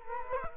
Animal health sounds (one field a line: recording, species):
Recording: mosquito wingbeat signal from an infrared sensor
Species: Culex quinquefasciatus